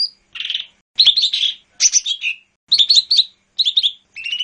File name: audio cucak hijau mini. omkicau